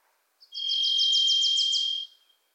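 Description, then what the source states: Varied thrush song: one long, steady, slightly buzzy whistled note held about one and a half seconds, overlapped by a rapid chattering series of another small bird. Varied Thrush visiting the recordist in a Pacific Northwest forest; voice likened to crying 'Listen. Listen. Listen.'; a Wilson's Warbler sings alongside; unmastered recording.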